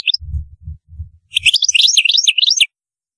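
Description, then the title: European goldfinch song: a quick burst of high, tinkling twittered notes after a few low thumping knocks. "Chant Chardonneret"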